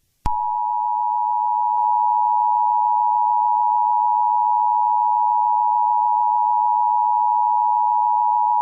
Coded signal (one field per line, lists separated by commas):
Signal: Emergency Alert System (SAME) tones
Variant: 853 and 960 Hz attention tone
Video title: EAS Scenario #2: Chinese attack New Orleans